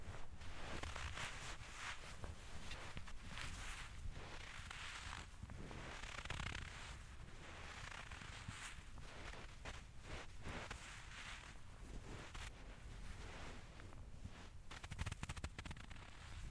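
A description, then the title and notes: Footsteps crunch through deep snow in a steady, dense rhythm of crisp bursts, with low wind rumble running underneath throughout. Walking on Snow After Huge Blizzard.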